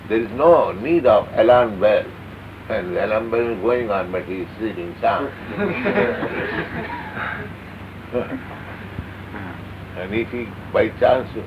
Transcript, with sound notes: There is no need of alarm bell. And the alarm bell going on, but he is sleeping sound. [laughter] No. And if he by chance